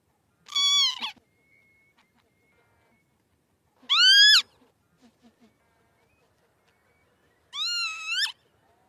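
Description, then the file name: Northern lapwing calls, three wheezy slurred notes a few seconds apart, the last one rising at its end, with quiet soft clicks in between. "canto do abibe comum"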